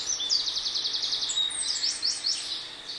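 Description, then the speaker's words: Eurasian wren song: a loud, rapid, high-pitched stream of trills and sharp twittering notes running continuously for about three seconds. Played back from a WhatsApp voice message recorded that morning; the wren sings loudly and is closest to the phone. "Aber hier hört man jetzt ganz laut den Zaunkönig singen."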